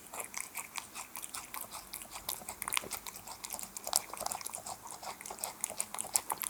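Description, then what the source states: Cat eating, with wet smacking and quick clicking chews that come in irregular bursts throughout, crisp and high-pitched. Cat eating wet food.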